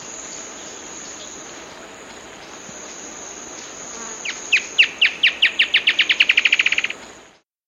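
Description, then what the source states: Spot-tailed antwren singing an accelerating series of about twenty crisp notes lasting roughly three seconds, after a quiet stretch, over a constant high-pitched insect drone. South America.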